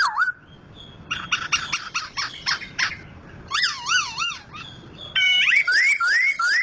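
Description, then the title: White-crested laughingthrush singing a rapid mix of harsh chattering notes and wavering, looping whistles that rise and fall, ending in repeated upslurred whistles. Sumatran type; loud voice; national champion bird. "Poksay Hongkong gacor mantab (Gathutkaca)"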